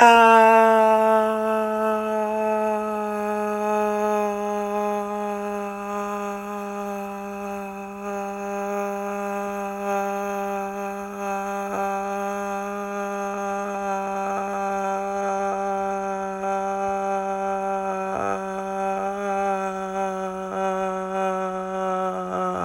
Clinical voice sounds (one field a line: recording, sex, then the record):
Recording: sustained vowel /a/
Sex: female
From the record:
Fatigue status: no fatigue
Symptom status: asymptomatic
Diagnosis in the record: COVID-19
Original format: m4a